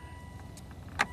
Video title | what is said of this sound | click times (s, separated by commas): "Wounded Volvo" Turbo: STUCK IN PARK! (+ 3k Health Report) | and if you release it, it like clicks back in. | 1.0 s